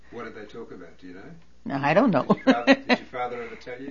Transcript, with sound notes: What did they talk about, do you know?
I don't know. (She laughs.)
Did your father ever tell you?